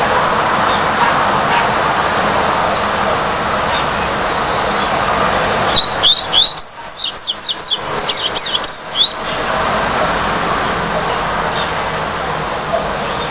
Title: Canto Coleiro